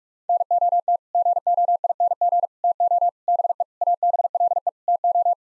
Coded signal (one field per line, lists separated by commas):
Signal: Morse code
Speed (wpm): 42 wpm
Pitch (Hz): 700 Hz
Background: none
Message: NOT GOING TO BE ABLE TO